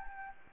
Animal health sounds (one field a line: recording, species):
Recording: mosquito wingbeat signal from an infrared sensor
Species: Anopheles gambiae